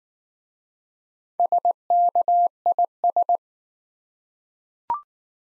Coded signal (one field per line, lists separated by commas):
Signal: Morse code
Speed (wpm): 19 wpm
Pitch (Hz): 700 Hz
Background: none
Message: SKIS